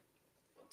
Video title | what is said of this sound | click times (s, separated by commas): Tips & Tricks for Magnetic Hoops - Between Friends | and immediately of course you can hear it snap down so i could separate it a little bit and | 0.7 s